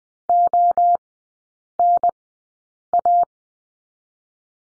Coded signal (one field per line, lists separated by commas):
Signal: Morse code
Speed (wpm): 20 wpm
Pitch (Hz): 700 Hz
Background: none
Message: ONA